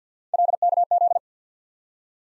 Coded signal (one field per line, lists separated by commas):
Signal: Morse code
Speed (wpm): 50 wpm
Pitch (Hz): 700 Hz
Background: none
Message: LKZ